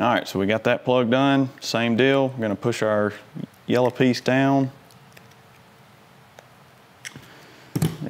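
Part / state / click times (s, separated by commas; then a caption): plastic terminal-lock insert into a throttle-by-wire connector plug / seated / 7.8 s. Someone talks, then a yellow plastic terminal-lock insert is pushed down into the throttle-by-wire connector plug of 2008-2013 Harley Davidson handlebar wiring. A few faint ticks come through quiet handling. The lock seats with a sharp double click at 7.8 and 7.8 seconds.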